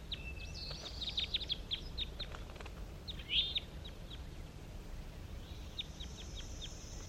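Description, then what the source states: Crossbill calls, clipped high chips in rapid clusters, several birds overlapping, one louder upswept note near the middle, over a soft background hiss. Wild crossbills calling to captive crossbills again, with the captives calling back, around 10 a.m., at a net site on a hillside.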